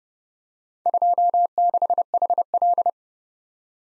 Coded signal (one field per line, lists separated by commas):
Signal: Morse code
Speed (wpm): 28 wpm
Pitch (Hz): 700 Hz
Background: none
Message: 26HL